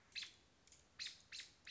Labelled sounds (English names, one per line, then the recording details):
American Robin
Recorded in Sonoma County, California